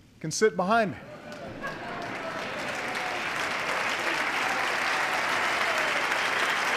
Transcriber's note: laughter and applause